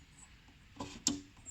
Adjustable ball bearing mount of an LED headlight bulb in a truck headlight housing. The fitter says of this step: moving the ball around as you can see it you can hear it click as the bearing essentially locks into place so